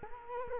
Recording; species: mosquito wingbeat signal from an infrared sensor; Culex quinquefasciatus